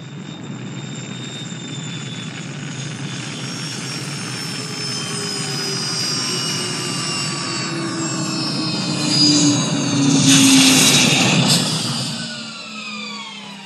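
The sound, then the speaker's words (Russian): The braking thrusters of two spaceships fire toward the ground as both ships come in to land almost at the same time, roaring steadily with a deep rumble and layered high whines that slowly slide downward, swelling to a louder blast near the end before easing off; no one speaks. “тормозные двигатели заработали по направлению к земле, и оба корабля практически одновременно зашли на посадку.”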